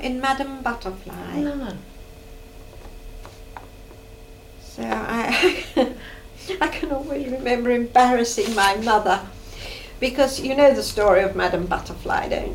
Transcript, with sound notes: In Madame Butterfly.
Ah. [laughs]
I can remember really embarrassing my mother. Because, you know the story of Madame Butterfly, don't you?